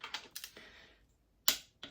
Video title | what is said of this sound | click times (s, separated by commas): Rebuilding an OM647 engine (T1N Sprinter) | There's our click on there. | 1.5 s